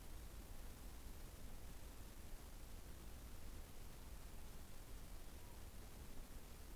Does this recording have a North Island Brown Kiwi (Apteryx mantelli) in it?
no